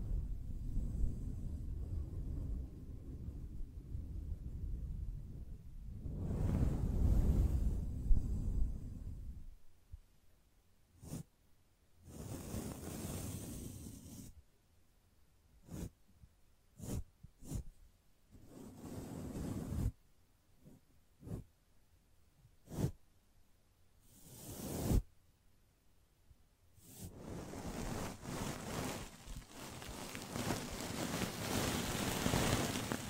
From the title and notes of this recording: ASMR Gently Brushing Your Brain (No Talking).